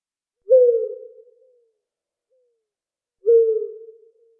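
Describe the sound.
Owl hoots, two drawn-out, slightly falling notes about three seconds apart, each fading slowly, with silence between.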